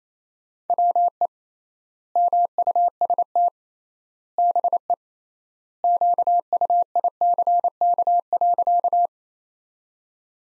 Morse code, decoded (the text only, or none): WE MUST BE QUICK.